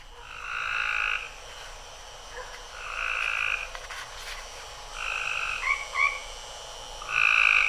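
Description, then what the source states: Frog calling with harsh squawking, yelping notes in drawn-out bursts about every two seconds, with some shorter broken notes between. Recorded outside a home within the city limits of Lufkin, Texas, at 7:30 p.m. on a Sunday night; squawking call resembling a wild turkey's yelp.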